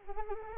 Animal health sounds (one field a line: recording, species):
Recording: mosquito wingbeat signal from an infrared sensor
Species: Anopheles arabiensis